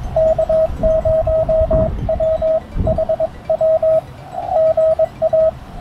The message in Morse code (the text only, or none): K0WHW GA